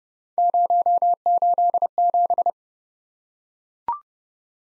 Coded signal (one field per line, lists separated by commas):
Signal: Morse code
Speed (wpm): 30 wpm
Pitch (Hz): 700 Hz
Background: none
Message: 087